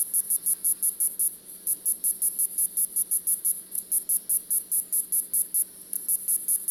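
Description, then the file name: Cicada calling with bright, high-pitched pulses in a fast regular rhythm, about four each second, a faint steady hum below. "cicada titti"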